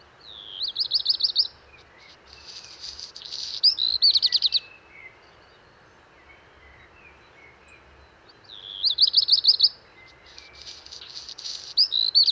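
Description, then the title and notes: Black redstart song: a quick run of high rapid notes, a scratchy crackling burst, then another run, the phrase heard twice. Wild bird, 19 March 2019, Val Maravel, Drôme, France; early morning; first of season; perched atop a large lime tree; crumpled song; parabolic microphone, MKH8020, MixPre-3. "Val Maravel - Drôme. chant du Rouge-queue noir"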